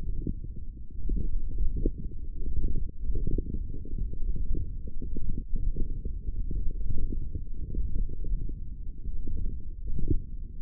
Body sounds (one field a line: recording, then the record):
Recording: forearm muscle sounds (acoustic myography)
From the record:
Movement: wrist flexion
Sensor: system 1, eight BSWA MPA416 microphones around the upper forearm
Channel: 5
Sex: male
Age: 23 years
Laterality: right